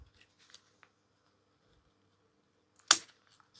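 On an antique Ansonia kitchen clock's mainspring assembly, a metal click (ratchet) part on the mainspring arbor is worked to get it to come out. A few faint small ticks lead up to one sharp, bright metallic click at 2.9 s, and the part releases.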